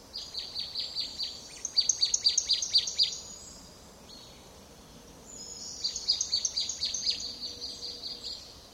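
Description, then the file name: Marsh tit calling in two bursts of sharp, high chipping notes, the first run about three seconds long, then a pause and a second similar run. "Poecile palustris"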